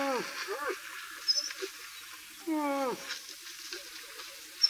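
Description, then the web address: Moose calls: short nasal harmonic calls that bend downward, one pair near the start and a longer drawn-out call midway, over faint background hiss. "Tajemnice puszczy Łoś"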